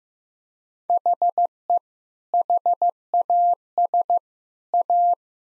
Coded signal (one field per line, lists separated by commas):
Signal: Morse code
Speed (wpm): 15 wpm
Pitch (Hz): 700 Hz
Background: none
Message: HE HAS A